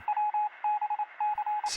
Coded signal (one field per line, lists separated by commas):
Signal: Morse code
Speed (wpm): 28 wpm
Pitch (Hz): 840 Hz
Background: radio noise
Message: WBC